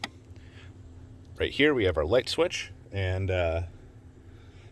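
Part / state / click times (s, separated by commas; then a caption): magnetic catch on a vocal booth door / seated / 0.0 s. The custom-built vocal booth door, held closed by magnets at the top and bottom, shuts with a sharp little click from its magnetic catch at 0.0 s. Afterward someone talks. The catch has clicked shut.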